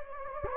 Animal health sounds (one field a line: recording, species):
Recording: mosquito wingbeat signal from an infrared sensor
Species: Anopheles gambiae